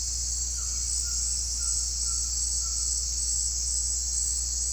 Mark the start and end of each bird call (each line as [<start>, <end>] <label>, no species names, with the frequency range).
[0.54, 2.91] bird call (0.6-2.1 kHz)